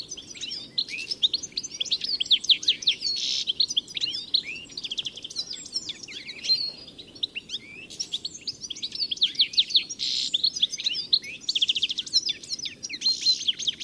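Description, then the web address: Bird calls pour out almost without pause: shrill chirps, quick descending notes and buzzy trills layered together over faint low rumbling noise. "Deverinetal. Bird Only"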